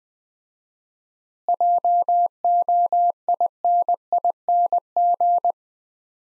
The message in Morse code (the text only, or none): JOINING